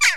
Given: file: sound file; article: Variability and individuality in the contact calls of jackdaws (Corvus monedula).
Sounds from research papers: jackdaw call; harmonic

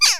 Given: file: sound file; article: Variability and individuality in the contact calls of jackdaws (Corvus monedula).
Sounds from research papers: jackdaw call; harmonic

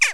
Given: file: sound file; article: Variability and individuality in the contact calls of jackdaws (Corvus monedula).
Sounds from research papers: jackdaw call; harmonic

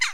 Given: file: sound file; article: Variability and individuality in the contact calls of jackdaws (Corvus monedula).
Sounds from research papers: jackdaw call; harmonic

